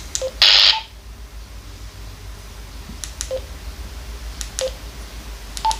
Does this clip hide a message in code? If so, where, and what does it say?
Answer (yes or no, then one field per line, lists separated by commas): no